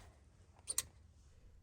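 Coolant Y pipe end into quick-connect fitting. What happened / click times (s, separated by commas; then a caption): The plastic pipe end clicked into its quick-connect fitting / 0.8 s. The right side of a plastic coolant Y pipe is pushed onto its quick-connect fitting on the V8 engine of a 2015-2017 Ford F150 during a coolant leak fix with a new O-ring. A faint tick at 0.7 s leads into a sharp, bright click at 0.8 s, with quiet background before and after. The Y pipe clicks in and is seated, confirmed before it is given a tug.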